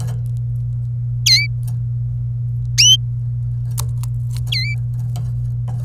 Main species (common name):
Domestic Canary